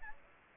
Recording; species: mosquito wingbeat signal from an infrared sensor; Aedes aegypti